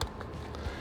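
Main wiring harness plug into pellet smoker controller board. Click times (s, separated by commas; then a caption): 0.0 s. A plastic multi-pin main wiring harness plug is pushed onto the controller board of a pellet smoker and seats with a sharp click at 0.0 s. Fainter ticks follow at 0.2 s, 0.6 s and 0.9 s. No one talks in the clip.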